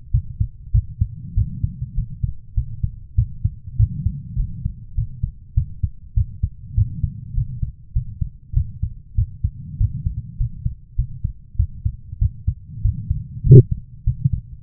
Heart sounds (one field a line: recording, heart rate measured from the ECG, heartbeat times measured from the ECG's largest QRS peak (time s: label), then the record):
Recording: heart sounds by stethoscope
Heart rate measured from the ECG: 99 bpm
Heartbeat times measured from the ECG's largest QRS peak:
0.12 s: heartbeat
0.72 s: heartbeat
1.35 s: heartbeat
1.95 s: heartbeat
2.55 s: heartbeat
3.16 s: heartbeat
3.77 s: heartbeat
4.37 s: heartbeat
4.95 s: heartbeat
5.55 s: heartbeat
6.15 s: heartbeat
6.75 s: heartbeat
7.35 s: heartbeat
7.93 s: heartbeat
8.54 s: heartbeat
9.16 s: heartbeat
9.78 s: heartbeat
10.38 s: heartbeat
10.96 s: heartbeat
11.57 s: heartbeat
12.19 s: heartbeat
12.82 s: heartbeat
13.44 s: heartbeat
14.04 s: heartbeat
From the record:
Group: healthy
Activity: rest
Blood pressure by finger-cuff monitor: 136/69 mmHg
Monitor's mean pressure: 90 mmHg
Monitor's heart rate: 100 bpm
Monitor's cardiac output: 9 L/min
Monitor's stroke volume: 90 mL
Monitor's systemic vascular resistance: 730 dyn s/cm5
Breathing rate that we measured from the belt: 21 breaths a minute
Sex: female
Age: 24 years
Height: 163 cm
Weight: 55.7 kg